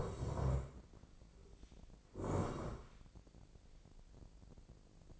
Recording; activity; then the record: daily activity, microphone in the room; sit down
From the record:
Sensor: 5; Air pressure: 1012.4 hPa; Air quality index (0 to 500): 156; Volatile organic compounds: 2 ppm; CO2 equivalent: 1070 ppm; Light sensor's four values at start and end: 268/638/273/304 and 261/624/267/297